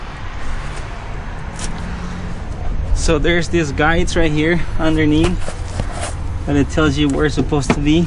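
A windshield trim clip is handled at its guide on the body of a 2010 Toyota Tundra during a windshield replacement, while someone talks over a low steady background rumble. The clip has not seated or clicked yet; it is still being positioned when the clip ends.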